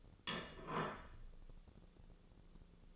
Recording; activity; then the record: daily activity, microphone in the room; place plate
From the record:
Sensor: 4